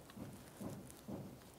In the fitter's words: got a nice little click from that right there